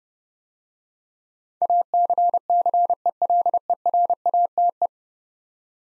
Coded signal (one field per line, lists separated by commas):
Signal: Morse code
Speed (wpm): 29 wpm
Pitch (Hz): 700 Hz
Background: none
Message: ACCELERATE